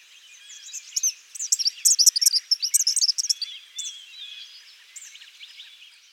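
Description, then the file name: Eastern kingbird giving high, sputtering, buzzy chatter of quick irregular notes, loudest in the middle, fading into softer scattered twitters. "Tyrannus tyrannus - Eastern Kingbird"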